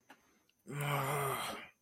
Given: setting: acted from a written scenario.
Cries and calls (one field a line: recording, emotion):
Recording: vocal sound without words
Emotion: distress